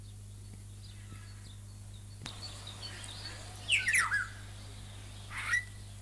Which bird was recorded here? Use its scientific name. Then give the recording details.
Acridotheres cristatellus. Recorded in captivity. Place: Zoo Berlin, Berlin, DE. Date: 2004-04-22 15:37. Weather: fair, 22-24°C. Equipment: Fair Mate ST-1328 (Asahi Electronics, Japan), Sennheiser ME 80, Kopie Uher 4000 Report Monitor. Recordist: Tembrock, Günter. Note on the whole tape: Kurzlaute